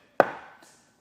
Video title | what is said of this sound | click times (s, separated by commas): etrailer - How to Install: ARB Base Platform Rack on your 2017 Toyota 4Runner | you should hear a small click | 0.2 s